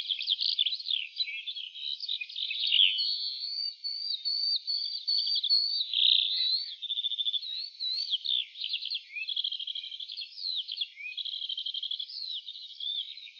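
Lark song: an unbroken high twittering flow of trills and chirps.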